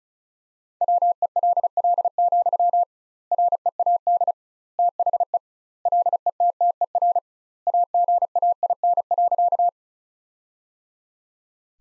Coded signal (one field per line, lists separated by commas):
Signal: Morse code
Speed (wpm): 36 wpm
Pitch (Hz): 700 Hz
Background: none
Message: WELL, READ THE LETTER AGAIN.